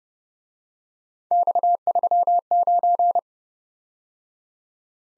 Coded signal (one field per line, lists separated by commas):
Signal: Morse code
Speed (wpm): 30 wpm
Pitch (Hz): 700 Hz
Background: none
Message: X39